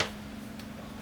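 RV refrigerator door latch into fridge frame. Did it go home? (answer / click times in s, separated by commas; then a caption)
no / none. A Keystone Cougar travel trailer's RV refrigerator door latch is handled against the fridge frame as the door is closed. A sharp knock opens the clip, a fainter tick comes at 0.6 s, and a steady low hum runs underneath until a louder burst at the very end. Nothing has seated or clicked yet; the latch is handled but not yet home.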